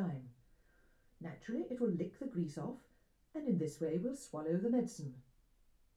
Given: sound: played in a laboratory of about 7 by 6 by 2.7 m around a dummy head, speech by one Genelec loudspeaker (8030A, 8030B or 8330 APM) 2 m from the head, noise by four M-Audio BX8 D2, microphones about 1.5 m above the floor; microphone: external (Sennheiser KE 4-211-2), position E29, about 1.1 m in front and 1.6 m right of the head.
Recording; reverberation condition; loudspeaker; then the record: female speech in English; low; 90 degrees to the right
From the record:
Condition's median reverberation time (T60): about 310 ms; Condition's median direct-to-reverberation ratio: about 3.5 dB